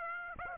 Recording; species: mosquito wingbeat signal from an infrared sensor; Aedes aegypti